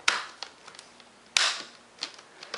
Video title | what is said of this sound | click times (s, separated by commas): How to Replace a Screen on a Dell Inspiron 1545 | all right so after you hear it snap | 0.1 s, 1.4 s